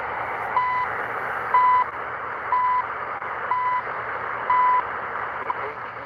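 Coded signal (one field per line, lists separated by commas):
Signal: radio time signal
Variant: CHU Canada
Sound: five short 1 kHz beeps, one each second, through steady shortwave hiss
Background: radio static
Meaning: Each short tone marks the start of a second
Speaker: I always love Chu Canada it's one of my favorite time signals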